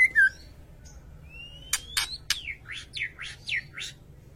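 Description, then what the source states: White-rumped shama song: two short whistles, then sharp clicks and a run of quick swept notes, over a faint low hum. Masteran training track for cage birds; full song in the ngerol (rolling) and nembak (shooting) styles.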